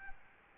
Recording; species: mosquito wingbeat signal from an infrared sensor; Aedes albopictus